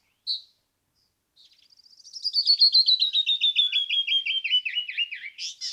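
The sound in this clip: Canyon wren song beginning with a single sharp note, then a long run of clear whistles that grows louder and tumbles downward in pitch, closing with buzzy notes.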